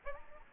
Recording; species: mosquito wingbeat signal from an infrared sensor; Aedes albopictus